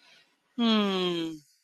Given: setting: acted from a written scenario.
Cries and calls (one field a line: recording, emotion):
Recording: vocal sound without words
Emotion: contentment